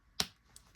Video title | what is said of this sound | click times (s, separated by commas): Retrokid Reviews - Marvel Legends spider-boy , first Appearance Miles Morales & Spider-man unlimited | which I think you heard from the click was about right. | 0.2 s